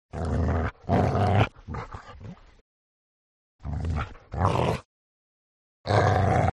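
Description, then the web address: Dog giving harsh, growling barks in several long bursts separated by short pauses. Threatening dog sound. "Sedaye Tahdid Kardan Sag. dog voice"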